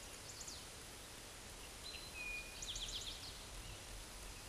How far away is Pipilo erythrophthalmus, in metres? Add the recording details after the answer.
about 50 m. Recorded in a Pennsylvania forest on 17 May 2023 at 13:16. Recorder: AudioMoth, point grid1_13_low. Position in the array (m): 120 m, 85 m